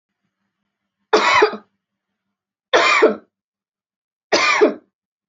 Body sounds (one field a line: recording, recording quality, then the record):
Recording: heavy voluntary cough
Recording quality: excellent, no background noise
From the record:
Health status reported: respiratory illness, not identified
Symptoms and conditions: fever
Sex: female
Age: 25 years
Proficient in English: yes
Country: India